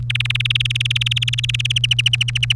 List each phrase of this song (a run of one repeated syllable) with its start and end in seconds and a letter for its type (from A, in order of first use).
0.10-1.78 A, 1.84-2.56 B